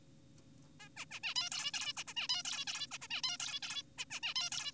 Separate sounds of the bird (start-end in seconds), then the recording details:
0.80-0.89, 0.97-1.05, 1.11-1.20, 1.24-1.34, 1.36-1.50, 1.52-1.71, 1.74-1.93, 1.97-2.04, 2.08-2.14, 2.17-2.28, 2.29-2.43, 2.45-2.65, 2.67-2.87, 2.92-2.98, 3.02-3.08, 3.10-3.22, 3.24-3.38, 3.40-3.60, 3.63-3.82, 3.98-4.05, 4.11-4.20, 4.23-4.34, 4.36-4.50, 4.52-4.72. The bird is an adult. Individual g4p5U